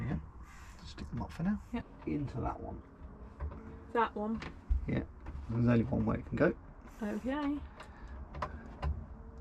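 While installing an Avtex AMR104X wifi router in a motorhome, a cable plug is lined up and pushed toward the router socket, which it fits only one way, as someone talks throughout. Nothing has seated or clicked yet by the end of the clip.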